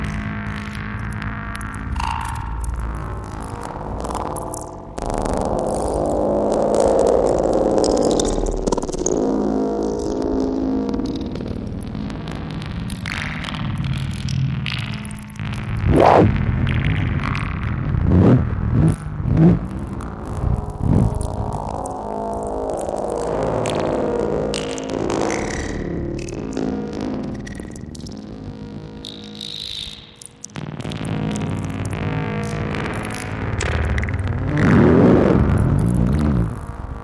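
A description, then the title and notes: A jungle field recording blended with modular synth, thick, built on a dense, low, motor-like drone that never settles. Gliding synth tones swoop up and down around sixteen, nineteen and thirty-five seconds, and the sound briefly thins near five and thirty seconds. Jungle field recording + Modular Synth.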